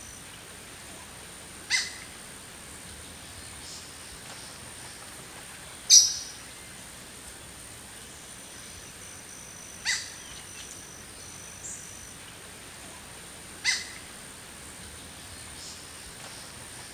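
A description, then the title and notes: Jungle birds give a few sharp, isolated calls near 2, 6, 10 and 14 seconds over a steady, quiet hiss with a faint high whine. In this episode, we bring you the lively sounds of jungle birds singing and chirping in a lush forest. Jungle Birds Ambience.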